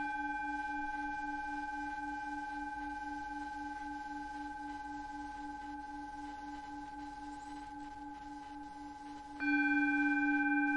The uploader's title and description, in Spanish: Cuenco Tibetano. La suave vibración de la campana